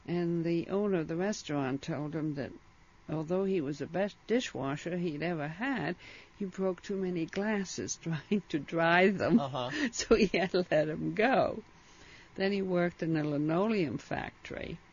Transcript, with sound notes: And the owner of the restaurant told him that although he was the best dishwasher he ever had he broke too many glasses trying to dry them. ( she laughs ) So he had to let him go. Then he worked in the linoleum factory,